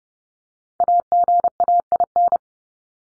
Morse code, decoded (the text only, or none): AGAIN